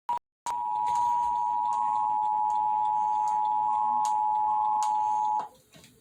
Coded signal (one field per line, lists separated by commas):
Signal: Emergency Alert System (SAME) tones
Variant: 853 and 960 Hz attention tone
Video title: Tornado Warning on MeTV (EAS #47)